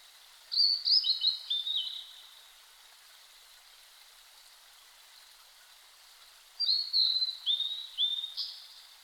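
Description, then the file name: Blue-and-white flycatcher song: two separate phrases of clear, high whistled notes, each mostly falling in steps, about six seconds apart, over steady background hiss. Recorded 5 May 2008 at 07:51. "ooruri 20080505-0751"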